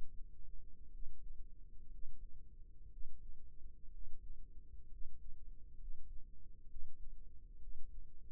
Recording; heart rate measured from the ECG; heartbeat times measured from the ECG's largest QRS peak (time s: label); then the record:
heart sounds by microphone in the right ear; 63 bpm
0.91 s: heartbeat
1.89 s: heartbeat
2.89 s: heartbeat
3.90 s: heartbeat
4.89 s: heartbeat
5.77 s: heartbeat
6.67 s: heartbeat
7.58 s: heartbeat
From the record:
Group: healthy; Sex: male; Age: 22 years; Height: 181 cm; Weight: 79 kg